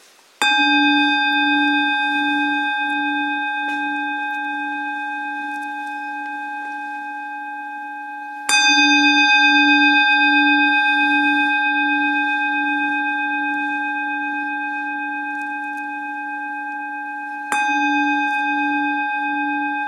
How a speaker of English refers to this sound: Please please listen to the sound of the bell.